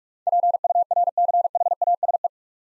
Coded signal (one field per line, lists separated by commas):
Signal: Morse code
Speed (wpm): 44 wpm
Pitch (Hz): 700 Hz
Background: none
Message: PURCHASE